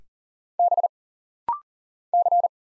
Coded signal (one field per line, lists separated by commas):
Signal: Morse code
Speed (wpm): 39 wpm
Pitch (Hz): 700 Hz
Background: none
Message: B C